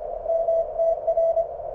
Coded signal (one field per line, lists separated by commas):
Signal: Morse code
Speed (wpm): 24 wpm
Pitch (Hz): 660 Hz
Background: radio noise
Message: MTR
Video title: QSOs with VE7RIE and WU7H on the MTR3b